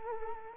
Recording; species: mosquito wingbeat signal from an infrared sensor; Culex quinquefasciatus